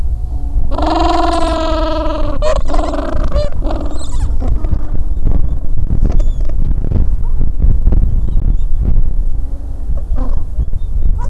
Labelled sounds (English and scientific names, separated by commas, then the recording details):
Gentoo Penguin (Pygoscelis papua)
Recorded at the colony at Godthul, on 25 December 2014
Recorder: Song Meter SM2+